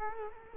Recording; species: mosquito wingbeat signal from an infrared sensor; Culex quinquefasciatus